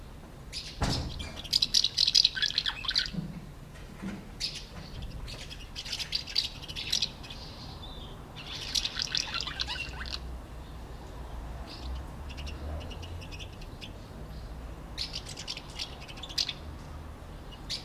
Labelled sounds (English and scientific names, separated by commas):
Common House Martin (Delichon urbicum)